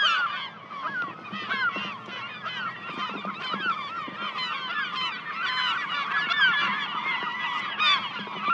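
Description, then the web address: Many gulls give rasping, slurred calls together, a busy chorus that swells and dips slightly. "seagulls"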